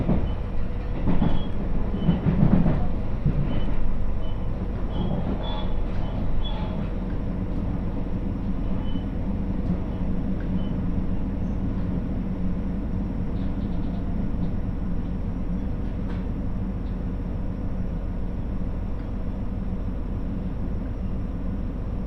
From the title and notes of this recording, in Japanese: 耳で楽しむ鉄道旅 室蘭本線 小幌→洞爺。